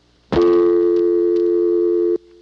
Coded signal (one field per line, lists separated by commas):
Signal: telephone call progress tone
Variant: North America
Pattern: dial tone